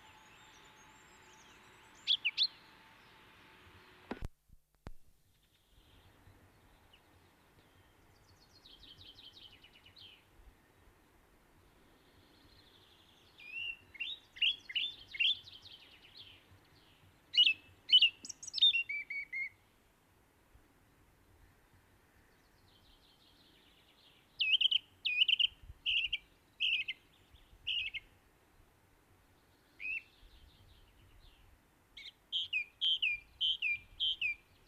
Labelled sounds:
Song Thrush song

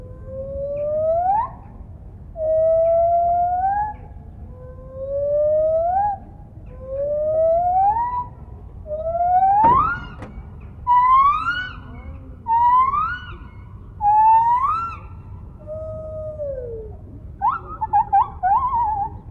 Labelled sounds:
Lar Gibbon

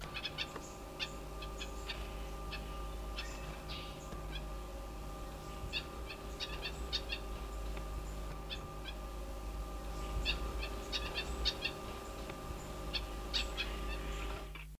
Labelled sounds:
Double-barred Finch call

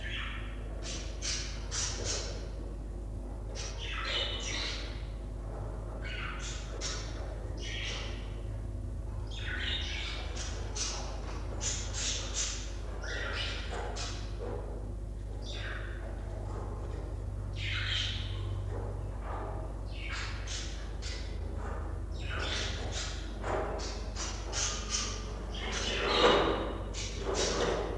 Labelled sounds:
Budgerigar call

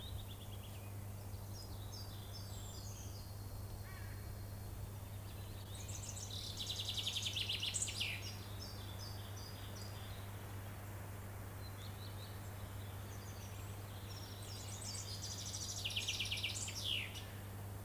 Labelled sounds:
Common Chaffinch song

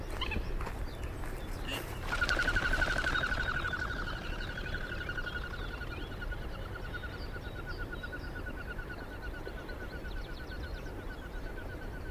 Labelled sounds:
Common Goldeneye

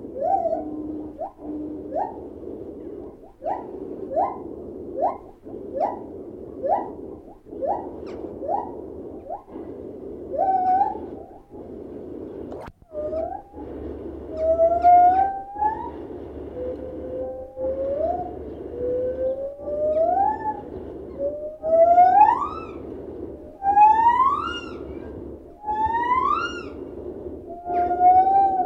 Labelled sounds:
Lar Gibbon

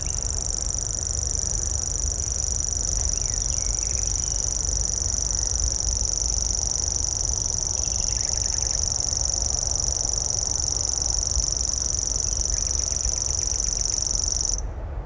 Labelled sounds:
Common Grasshopper Warbler song

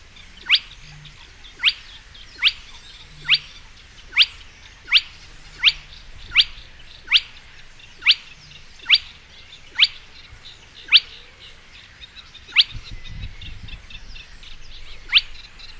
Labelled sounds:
Spotted Crake

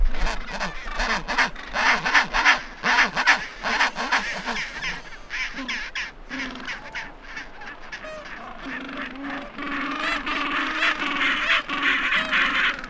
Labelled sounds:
Gentoo Penguin call

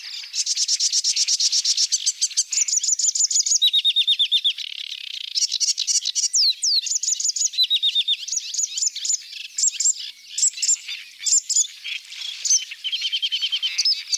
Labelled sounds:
Sedge Warbler song

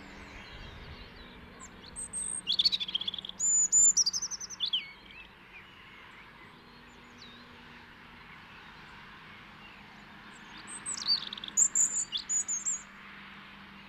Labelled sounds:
European Robin song

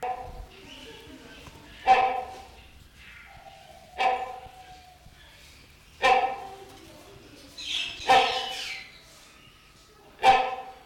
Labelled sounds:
Great Hornbill call

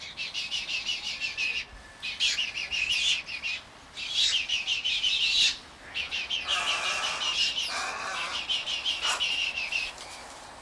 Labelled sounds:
Little Egret

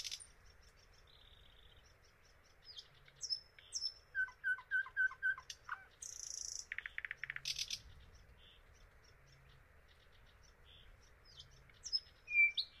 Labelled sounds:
Thrush Nightingale song

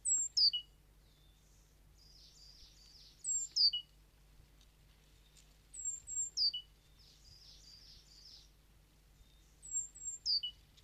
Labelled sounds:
Great Tit call

